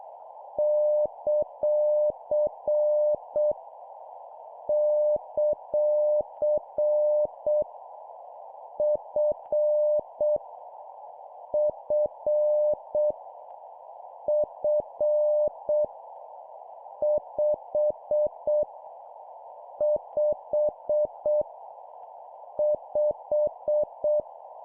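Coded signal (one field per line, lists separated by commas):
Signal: Morse code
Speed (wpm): 7 wpm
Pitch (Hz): 600 Hz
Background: none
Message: ; ; F F F 5 5 5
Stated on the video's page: Morse at 7 wpm: copy-speed drill of random letters, numbers and punctuation, each repeated three times.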